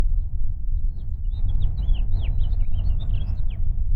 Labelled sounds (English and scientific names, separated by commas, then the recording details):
House Finch (Haemorhous mexicanus) song
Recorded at Babylon on Long Island, New York, on 22 May 1975
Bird A